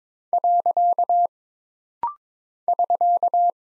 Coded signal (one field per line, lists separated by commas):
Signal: Morse code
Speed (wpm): 22 wpm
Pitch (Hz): 700 Hz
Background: none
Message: . <SK>